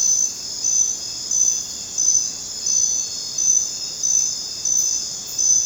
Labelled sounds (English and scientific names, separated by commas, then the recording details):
none
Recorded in dense forest near Puerto Asís, Putumayo, Colombia, on 19 June 2025 at 00:30
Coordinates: 0.484, -76.317
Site G045